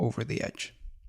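Someone talks while the metal mainspring barrel lid of a vintage Omega Seamaster is being closed into the barrel with the thicker part of a pair of tweezers, pressing over the edge because it had not clicked into place and may not have been lined up correctly. Nothing has seated or clicked yet in this clip.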